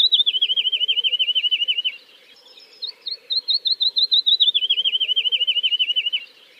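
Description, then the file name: Woodlark song: a rapid string of looping, fluty notes, a short break, then another long phrase of repeated notes that falls slightly in pitch. "kicau master woodlark omkicau"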